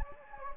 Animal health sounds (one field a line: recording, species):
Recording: mosquito wingbeat signal from an infrared sensor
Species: Anopheles gambiae